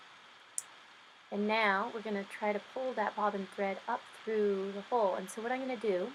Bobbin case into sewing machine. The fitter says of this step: IT snaps right into place back into the machine